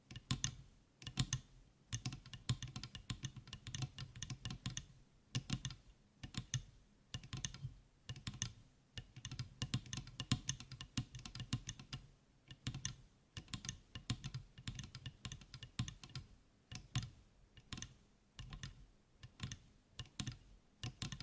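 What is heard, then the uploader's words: Tapping runs steadily through the whole stretch, quick clicky strikes in irregular bursts that sound much like typing on a keyboard. Each tap is crisp, with a soft low thump beneath, and short pauses break up the flurries. ASMR Tapping For Sleep and Endless Tingles (No Talking).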